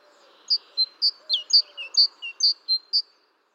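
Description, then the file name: Great tit calling in a lively string of about ten high, clipped notes, some dropping slightly in pitch. Recorded 14 March 2018. "Mésange-charbonnière 20180314"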